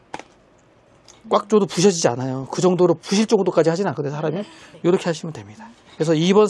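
A DRAM memory stick is pressed firmly into a motherboard DIMM slot, and a sharp click at 0.1 s marks it seating home in the slot. After that, someone talks.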